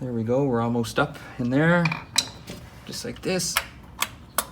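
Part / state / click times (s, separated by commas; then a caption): pushrod tube into engine cylinder head / seated / 4.0 s, 4.4 s. On a water-cooled VW Vanagon engine, a replacement Empi metal pushrod tube is pushed down by hand into the cylinder head, using a drill bit for leverage, while someone talks. Sharp metallic snaps at 4.0 s and 4.4 s mark the tube seating into place.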